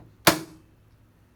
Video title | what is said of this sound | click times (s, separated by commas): How to Assemble or Reassemble Your Wild Birds Unlimited Eliminator Squirrel-proof Feeder | make sure you line that up before you push and wait for the click | 0.3 s